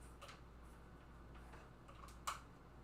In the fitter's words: Click, you heard it.